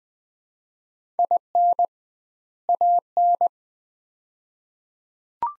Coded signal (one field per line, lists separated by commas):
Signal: Morse code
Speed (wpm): 20 wpm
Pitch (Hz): 700 Hz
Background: none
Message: IN AN